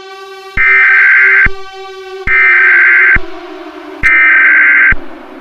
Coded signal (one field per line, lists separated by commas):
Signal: Emergency Alert System (SAME) tones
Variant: header bursts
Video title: EAS Scenario: The War Machine